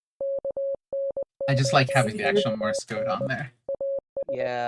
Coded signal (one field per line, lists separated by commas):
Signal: Morse code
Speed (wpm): 19 wpm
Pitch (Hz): 550 Hz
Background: speech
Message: KNOWN AS